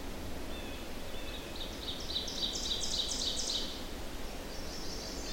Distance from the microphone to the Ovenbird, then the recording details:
about 45 m. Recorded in boreal forest in Alberta, Canada, on 8 June 2016 at 06:09. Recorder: SongMeter 3, array SBT-3-9. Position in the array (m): 50 m, 107 m. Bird 33